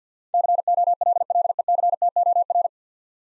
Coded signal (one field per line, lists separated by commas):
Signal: Morse code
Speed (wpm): 49 wpm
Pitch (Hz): 700 Hz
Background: none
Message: COLLECTOR